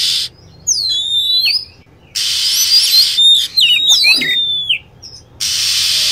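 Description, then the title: Lovebird calls: quick runs of shrill, looping whistles and chirps alternating with bursts of steady hissing noise. Lure sound used for attracting lovebirds. "PIKAT BURUNG LOVEBIRD"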